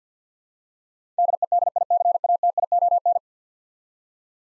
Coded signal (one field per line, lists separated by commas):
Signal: Morse code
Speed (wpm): 50 wpm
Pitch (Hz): 700 Hz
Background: none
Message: DEDICATION